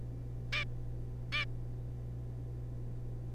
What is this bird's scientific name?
Taeniopygia guttata